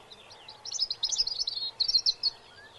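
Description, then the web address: European robin song: a fast tumbling run of high, sweet warbled notes in two bursts lasting about two seconds, over a faint background hum. "Bird Song Site Robin - Rouge Gorge"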